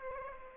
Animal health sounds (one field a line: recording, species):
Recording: mosquito wingbeat signal from an infrared sensor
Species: Aedes aegypti